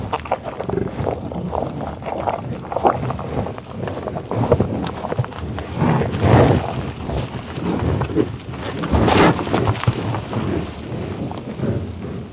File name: felix blume animals buffalos eating grunting growling sniffing tall grass prairie oklahoma usa